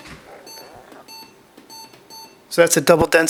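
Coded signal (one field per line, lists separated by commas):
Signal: none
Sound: disk drive beeps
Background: speech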